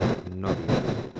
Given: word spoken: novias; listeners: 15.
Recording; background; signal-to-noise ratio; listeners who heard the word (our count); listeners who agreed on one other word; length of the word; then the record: one Spanish word in noise, from a listening test; noise modulated by one talker; -7.7 dB; 2 of 15; 7 of 15; 0.80 s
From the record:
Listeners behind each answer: 7, 3, 2, 2, 1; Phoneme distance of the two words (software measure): 7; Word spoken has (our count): 2 syllables, 6 phonemes, stress on syllable 1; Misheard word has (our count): 2 syllables, 5 phonemes, stress on syllable 1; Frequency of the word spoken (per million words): 2.72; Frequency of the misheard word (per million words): 25.93